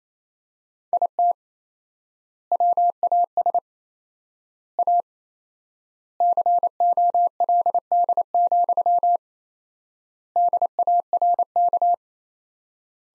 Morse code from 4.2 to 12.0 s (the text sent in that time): A COLD, DARK